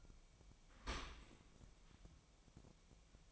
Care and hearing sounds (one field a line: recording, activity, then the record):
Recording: daily activity, microphone in the room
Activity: open dishwasher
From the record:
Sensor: 1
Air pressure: 1003.1 hPa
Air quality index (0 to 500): 198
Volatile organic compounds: 6 ppm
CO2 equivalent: 1888 ppm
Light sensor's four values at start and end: 28/70/30/36 and 28/70/30/36